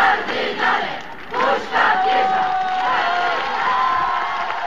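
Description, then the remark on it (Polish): A large crowd yells and shouts together in a sustained, loud roar, with surging bursts of voices and a few higher drawn-out cries rising above the din. “Nic nie wrzeszczcie, nic wam nie pomoże.”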